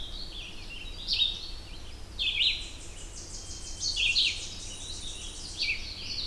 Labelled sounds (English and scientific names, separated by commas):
Red-eyed Vireo (Vireo olivaceus) song